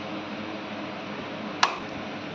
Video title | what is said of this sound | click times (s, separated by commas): S.R.T. पद्धती मध्ये token यंत्राचे फायदे #SRT tokanyantra | पहिलं लॉक झालं आहे आतमधलं डायवालं, आणि हे वरून दुसरं लॉक. | 1.6 s